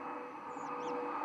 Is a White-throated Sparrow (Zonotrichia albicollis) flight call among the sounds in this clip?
no